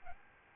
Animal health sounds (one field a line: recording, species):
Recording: mosquito wingbeat signal from an infrared sensor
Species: Aedes albopictus